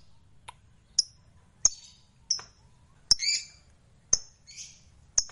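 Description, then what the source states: Lovebird giving sharp, high chirps and squeaky notes, spaced irregularly about every half second to a second, with a short raspy burst in the middle. Lovebird described as a fighter bird, gacor (singing energetically).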